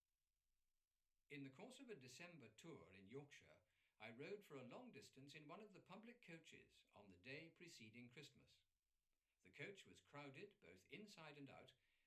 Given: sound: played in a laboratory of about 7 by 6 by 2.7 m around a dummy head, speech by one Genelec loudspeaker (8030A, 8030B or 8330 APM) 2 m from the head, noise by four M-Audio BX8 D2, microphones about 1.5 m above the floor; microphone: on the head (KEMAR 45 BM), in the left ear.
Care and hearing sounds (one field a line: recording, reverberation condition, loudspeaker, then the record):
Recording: male speech in English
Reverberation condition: low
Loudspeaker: in front (0 degrees)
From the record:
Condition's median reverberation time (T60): about 310 ms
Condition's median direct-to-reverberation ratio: about 3.5 dB